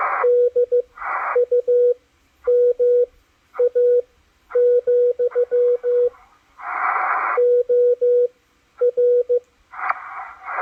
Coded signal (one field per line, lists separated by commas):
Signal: Morse code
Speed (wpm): 15 wpm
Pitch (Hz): 490 Hz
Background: radio noise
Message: DUMA, OR